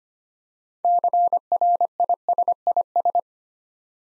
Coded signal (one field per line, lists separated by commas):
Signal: Morse code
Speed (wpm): 25 wpm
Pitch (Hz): 700 Hz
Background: none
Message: CRISIS